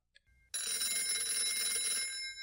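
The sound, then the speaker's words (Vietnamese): A mobile phone rings with a bright, buzzing electronic tone that starts abruptly after a brief tick and continues steadily and loudly, with sharp high harmonics, without any voices. “Bóng điện thoại của thằng Hùng reo lên.”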